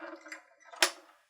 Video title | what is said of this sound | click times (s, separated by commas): How to Thread a Baby Lock Eclipse DX Serger | you want to hear that click back here | 0.8 s